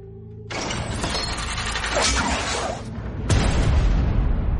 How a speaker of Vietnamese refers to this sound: Đùng đùng đùng đùng. Lời vẫn còn chưa dứt, đã nghe thấy có người dùng nắm đấm như là gạch đá đập vào cửa điện, khiến cả đại điện rung chuyển, làm cho Bạch Thế Bảo đau cả tai, trong lòng thì hoảng hốt.